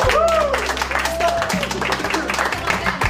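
A group claps hands in a dense, steady burst of applause lasting a few seconds, over a low sustained musical hum, with a brief gliding vocal whoop early on.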